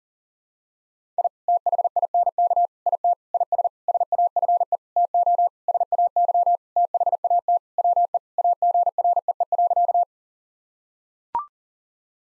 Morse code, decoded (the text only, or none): I THINK IT IS SAFE TO SAY THAT WE AGREE.